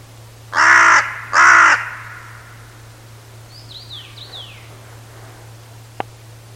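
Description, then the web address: Bird giving two harsh calls in quick succession, followed by faint high chirps and a sharp click near the end. "Deverinetal 2025 File origin Bird Only"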